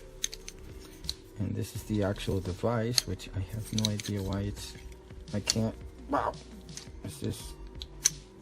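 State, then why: Released. Someone talks while struggling to open a Defender Security U 10827 door reinforcement lock in satin nickel finish, with aluminum construction and a 3-inch stop, producing small handling ticks. The locking part is pulled back, and a sharp metallic click sounds at 8.1 s as the sliding arm releases from its locked position.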